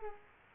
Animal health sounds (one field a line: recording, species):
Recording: mosquito wingbeat signal from an infrared sensor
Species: Culex quinquefasciatus